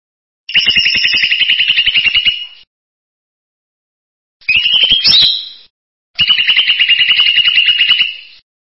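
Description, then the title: Bird song with three dense, pulsing trilled phrases, two long and one shorter with a rising flick in the middle, split by clear gaps of silence. "burung online"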